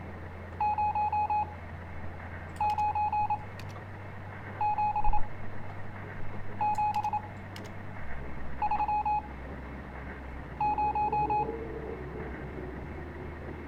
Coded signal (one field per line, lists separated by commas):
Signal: Morse code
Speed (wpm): 26 wpm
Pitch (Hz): 840 Hz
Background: none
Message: 0 9 7 7 3 0